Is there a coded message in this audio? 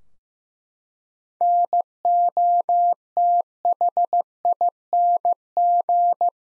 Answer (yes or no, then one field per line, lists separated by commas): yes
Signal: Morse code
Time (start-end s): 1.4-6.3 s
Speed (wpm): 15 wpm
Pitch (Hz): 700 Hz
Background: none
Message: NOTHING